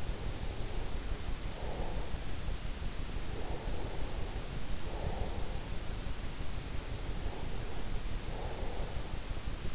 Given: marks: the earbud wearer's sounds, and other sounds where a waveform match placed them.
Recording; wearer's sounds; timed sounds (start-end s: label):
sounds in sleep by an in-ear microphone; breath
0.15-2.84 s: breath
3.06-6.15 s: breath
6.38-9.75 s: breath